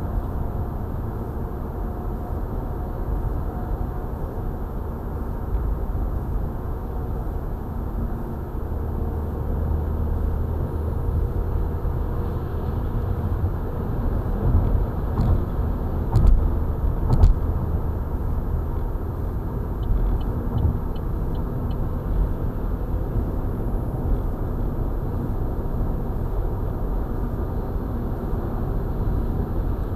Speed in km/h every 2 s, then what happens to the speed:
87, 89, 89, 89, 89, 90, 92, 95, 95, 96, 97, 99, 100, 101, 102.
0-30 speeds up to 102.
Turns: none.